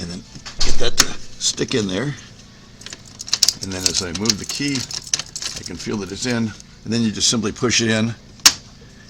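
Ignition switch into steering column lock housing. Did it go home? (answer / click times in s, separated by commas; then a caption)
yes / 8.5 s. A new ignition switch on a 2000 to 2009 Ford Focus is lined up with the key and pushed into the steering column lock cylinder housing while someone talks. A few small clicks and taps sound around 2.9 to 3.5 seconds as it is worked into place. At 8.5 seconds its plastic top and bottom snap tabs lock in with one sharp click, and the switch is seated.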